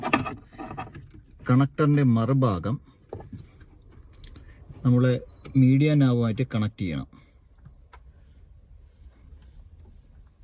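A rear-speaker wiring-kit connector is handled at the back of a Renault Kwid media/navigation head unit while someone talks, with brief taps and light handling noises between the speech. The connector has not seated or clicked into the head unit yet.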